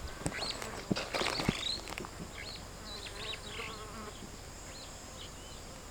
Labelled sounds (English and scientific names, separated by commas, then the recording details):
Superb Starling (Lamprotornis superbus) flight call
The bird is a male
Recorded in Kenya on 17 May 2010
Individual 14, of group CF2